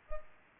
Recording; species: mosquito wingbeat signal from an infrared sensor; Culex pipiens